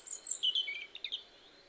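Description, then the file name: European robin song: a short burst of very high thin whistles dropping into lower twittering notes, trailing off within a second and a half. "Erithacus rubecula"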